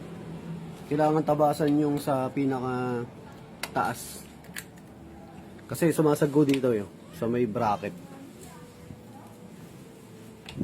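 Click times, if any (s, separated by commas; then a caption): 10.5 s. Someone talks while a roof rack bracket on an Otorack-brand crossbar, topload and awning tent setup on a Mitsubishi Xpander is pushed into its mount on the crossbar. A short, sharp click at 10.5 s marks the bracket locking into place, and it is seated.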